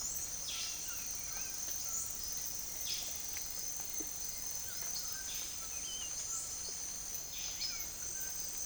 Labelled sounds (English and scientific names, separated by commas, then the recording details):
none
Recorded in secondary vegetation near Puerto Asís, Putumayo, Colombia, on 12 March 2025 at 06:30
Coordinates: 0.489, -76.322
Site G042